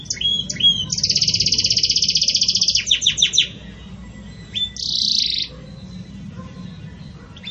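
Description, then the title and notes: Belgian canary trilling: a long, even, rattling high trill, a few chirps, a pause, then a short buzzy burst. Pure Belgian canary song in the "campainha" style, with pauses, made for training birds. "Canto Canário Belga Campainha Puro Com Pausa Para Treinamento. CANARIO BELGA"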